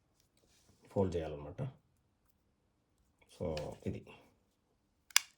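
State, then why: Seated. Someone talks, then swings the blade of a Decathlon Solognac Axis 85 folding pocket knife open until the handle lock engages. A sharp metallic click at 5.2 s marks the blade locking open into place.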